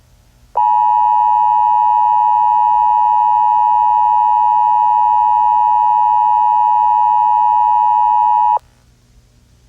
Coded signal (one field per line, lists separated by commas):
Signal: Emergency Alert System (SAME) tones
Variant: 853 and 960 Hz attention tone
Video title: WISCONSIN AMBER ALERT EAS 6/11/21